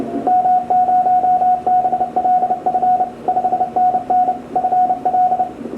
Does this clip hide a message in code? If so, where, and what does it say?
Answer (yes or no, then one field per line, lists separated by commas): yes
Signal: Morse code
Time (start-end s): 0.3-5.4 s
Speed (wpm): 31 wpm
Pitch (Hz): 730 Hz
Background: radio noise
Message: M0BLF 5NN FL